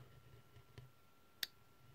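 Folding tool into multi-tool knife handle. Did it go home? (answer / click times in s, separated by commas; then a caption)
yes / 1.4 s. A folding tool on a Swiza D01 multi-tool knife is closed back into its steel and plastic handle, seating with a short, dull thud at 1.4 s after a fainter tick at 0.8 s. The closing lacks the positive snap of a Victorinox, which is blamed on weak spring tension.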